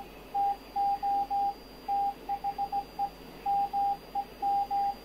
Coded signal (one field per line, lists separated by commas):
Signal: Morse code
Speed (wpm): 17 wpm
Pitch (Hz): 800 Hz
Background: radio noise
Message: TO THE MEM